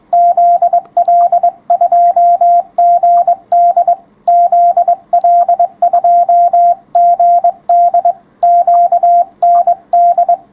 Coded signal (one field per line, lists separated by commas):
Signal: Morse code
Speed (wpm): 22 wpm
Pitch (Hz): 700 Hz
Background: radio noise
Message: ZL2GD ZL2GD QND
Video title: 974. Morse Code part 2 of 3. 15m53s